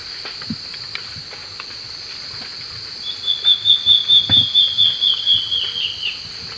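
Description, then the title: Black-faced Antbird song: many whistled notes, evenly spaced and dropping slightly in pitch, set against continuous insect buzzing. Subspecies elegans. "LuckyPassaro Completos2Sama. Black-faced Antbird (Myrmoborus myotherinus elegans)"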